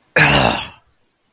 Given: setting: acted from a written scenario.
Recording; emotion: vocal sound without words; disgust